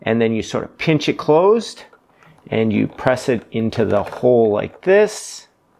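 Someone talks while handling a small split ring insert, printed or stainless steel, for the orifice hole of an EEW Nano 2.0 cleaning tool body; it is pinched closed with its gap toward the front and pressed into the hole. Only speech and faint handling sounds are heard, with no sharp transients. Nothing has seated or clicked yet.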